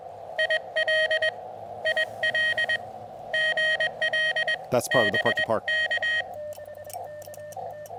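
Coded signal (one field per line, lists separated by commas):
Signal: Morse code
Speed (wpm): 21 wpm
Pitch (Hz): 1900 Hz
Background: speech, radio noise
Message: IL IL GL BK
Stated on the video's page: Sent with a heavy Vibroplex Original Deluxe bug on an Elecraft KX2 QRP field radio with an Elecraft AX1 antenna, during an activation.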